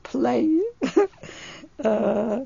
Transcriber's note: she laughs